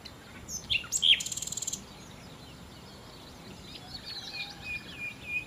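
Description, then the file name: Common nightingale song: a few sharp notes, a burst of rapid, evenly repeated notes, then after a pause faint high whistled notes. "Nachtigall"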